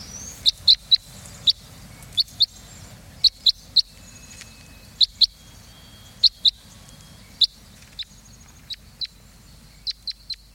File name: redcrossbill